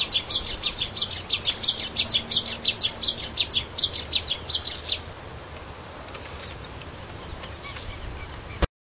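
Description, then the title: Long-tailed reed finch song: a fast run of high, bright chirped notes lasting about five seconds, then quiet background hiss. "LuckyPassaro Completos2Sama. Long-tailed Reed Finch (Donacospiza albifrons)"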